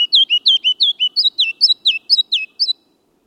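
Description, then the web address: Ruby-crowned kinglet song: a rapid series of loud, bright, bouncing notes, many dropping sharply in pitch. Spring; the kinglet is warming up or tuning up its song. "Birdnote. The Ruby crowned Kinglet Tune Up"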